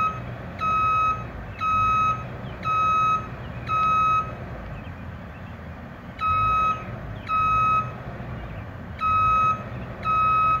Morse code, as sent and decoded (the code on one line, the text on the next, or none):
none